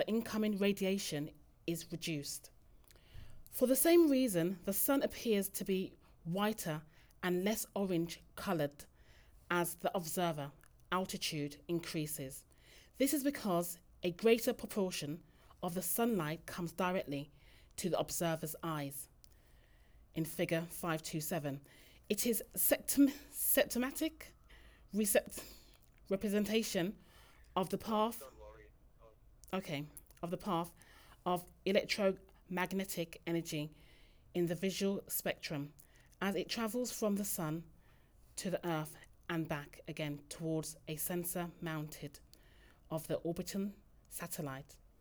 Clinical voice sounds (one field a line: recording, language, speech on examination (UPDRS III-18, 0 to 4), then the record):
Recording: text read into a phone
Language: English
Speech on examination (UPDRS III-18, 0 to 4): 0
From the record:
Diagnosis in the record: healthy control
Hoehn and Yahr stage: 0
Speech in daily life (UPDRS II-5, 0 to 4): 0